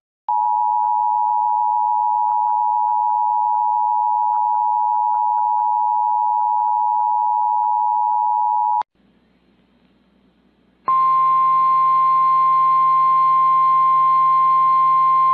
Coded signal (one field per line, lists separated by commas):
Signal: Emergency Alert System (SAME) tones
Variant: 853 and 960 Hz attention tone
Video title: KACV Tornado Warning EAS (3/5/2026)